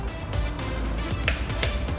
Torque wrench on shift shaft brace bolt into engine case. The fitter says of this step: click there that's in that's secure and then put our shift lever back